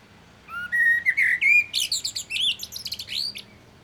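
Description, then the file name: Common blackbird song: a few rising mellow whistles lead into a fast, chattering series of high squeaky notes. "Turdus merula"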